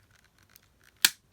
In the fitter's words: there we go so that's a really nice click when you're all said and done